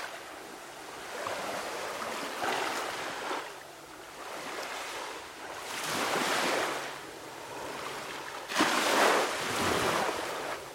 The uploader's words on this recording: Waves on the Sand. Detailed, almost binaural beach wave sounds. Hypnotic lapping of waves against the beach. This recording was taken during a moment of perfect stillness, with minimal wind interference.